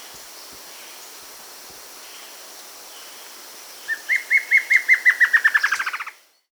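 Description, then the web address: Plain antvireo song comes in after several seconds of soft background hiss, a run of bright notes quickening into a rapid, slightly descending trill. South America. "Natures Songs S America Plain Antvireo (Dysithamnus Mentalis"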